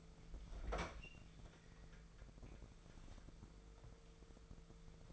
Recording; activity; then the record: daily activity, microphone in the room; open fridge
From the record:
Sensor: 5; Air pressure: 1014.9 hPa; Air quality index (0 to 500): 178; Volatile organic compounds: 7 ppm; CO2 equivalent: 1952 ppm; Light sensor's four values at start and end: 54/126/53/56 and 56/131/55/58